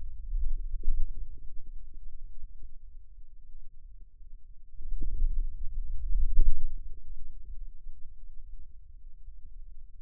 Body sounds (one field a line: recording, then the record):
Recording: forearm muscle sounds (acoustic myography)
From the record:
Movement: wrist extension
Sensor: system 2, bracelet of six BSWA MPA416 microphones around the upper forearm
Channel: 6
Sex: male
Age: 22 years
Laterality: right